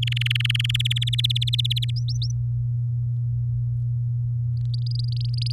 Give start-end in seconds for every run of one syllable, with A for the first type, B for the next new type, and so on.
0.02-0.77 A, 0.79-1.90 B, 1.96-2.31 C, 4.74-5.52 D